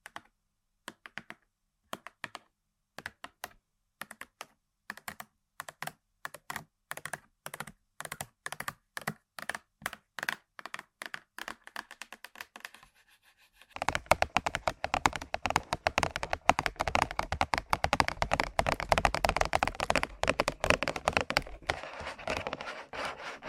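Tapping and scratching on objects: for the first thirteen seconds, sharp separate taps come at a quickening pace, bright clicks with short gaps of silence. Around fourteen seconds it shifts to dense, continuous fast tapping and scratching, fuller and louder, lasting to the end.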